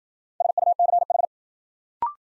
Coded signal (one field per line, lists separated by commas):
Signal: Morse code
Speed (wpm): 53 wpm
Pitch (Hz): 700 Hz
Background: none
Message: SUCH